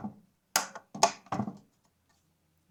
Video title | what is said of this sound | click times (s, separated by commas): How to properly install a CPU and RAM on a Lenovo IBM 8212 | that loud click that will tell you that it's popped into place | 0.6 s, 1.0 s